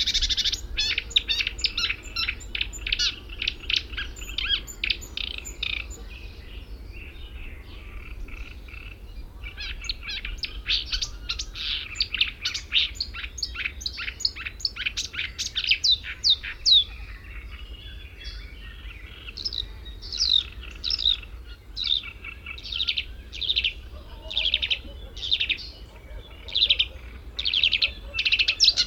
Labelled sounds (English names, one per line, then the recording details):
Marsh Warbler song
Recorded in the wild
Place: Bad Kleinen, Mecklenburg-Vorpommern, DE
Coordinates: 53.771, 11.472
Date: 1972-06-14 07:20
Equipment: Nagra III BH, Sennheiser MD 21, parabola
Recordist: Schubert, Michael